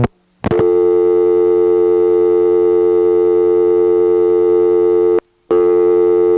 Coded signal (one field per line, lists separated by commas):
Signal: telephone call progress tone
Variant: North America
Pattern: dial tone